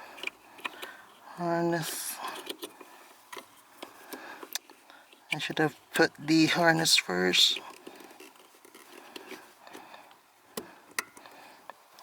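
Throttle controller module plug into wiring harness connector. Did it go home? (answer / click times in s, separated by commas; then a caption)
yes / 11.0 s. A throttle controller module plug is pushed into the wiring harness connector on a 2018 Toyota C-HR XLE. Someone talks between scattered small handling clicks and taps, and a sharp snap at 11.0 s marks the plug seating into the harness connector.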